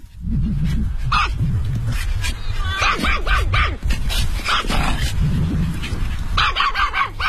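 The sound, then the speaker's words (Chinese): Several dogs bark and yip in quick, overlapping bursts while running and playing on a wide lawn of about 3500 square metres in a hillside dog park, sharp high barks mixed with lower woofs and an occasional whimper, steady and lively throughout. “打开铁门进入后，眼前是一大片辽阔的草地，草地的面积约为3500平米，小狗可以在草地上任意的奔跑玩耍。”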